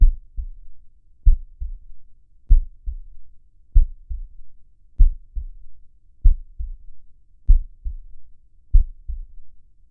Slow Heart Beat.